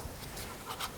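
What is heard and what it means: A wire harness connector is handled onto an ignition coil on a Kia Sportage, with only soft rubbing and brushing noises and faint scrapes near 0.4 and 0.8 seconds. The connector has not yet snapped into place and the gray locking clip has not been pressed down, so nothing has seated or clicked yet.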